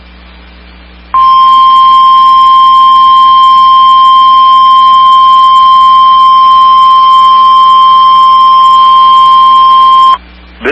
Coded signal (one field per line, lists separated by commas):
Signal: Emergency Alert System (SAME) tones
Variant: 1050 Hz attention tone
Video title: EAS 4402-4407: Weekly Tests From 04/12/23